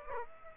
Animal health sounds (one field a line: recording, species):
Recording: mosquito wingbeat signal from an infrared sensor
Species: Aedes aegypti